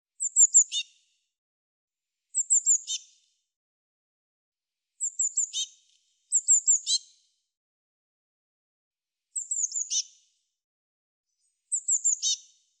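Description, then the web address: Bird calls: six high, thin bursts of quick descending notes, each under a second long and spaced a few seconds apart, in otherwise clean silence. "cianscape birddata Deverinetal 2025 File cleaned normalized Bird Cy Ca"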